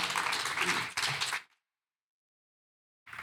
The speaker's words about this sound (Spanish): un fuerte aplauso